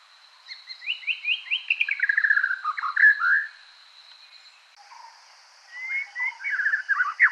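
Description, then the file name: White-rumped shama song: rising whistled notes followed by a descending run of rich warbled phrases, then a pause and another varied phrase, over a steady high tone. Subspecies leggei, recorded in Sri Lanka. "Copsychusmalabaricusleggei LK"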